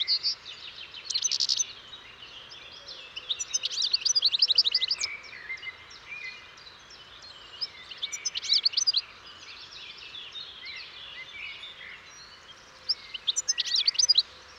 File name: Carduelis carduelis